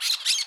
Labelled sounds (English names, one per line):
Brown-throated Parakeet contact call